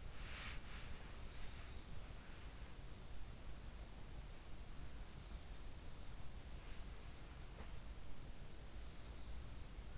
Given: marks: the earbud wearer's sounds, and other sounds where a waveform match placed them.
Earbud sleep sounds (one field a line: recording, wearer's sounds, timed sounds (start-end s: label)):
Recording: sounds in sleep by an in-ear microphone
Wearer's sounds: body movement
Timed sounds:
0.00-0.68 s: body movement